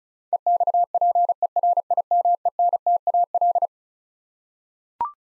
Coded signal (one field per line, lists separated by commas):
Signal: Morse code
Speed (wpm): 36 wpm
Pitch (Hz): 700 Hz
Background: none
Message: EXPERIMENTAL